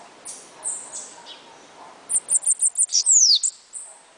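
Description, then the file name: Bananaquit song: a quick burst of high, thin ticking notes that ends in a bright downward sweep, after scattered soft chirps. "Cambacica"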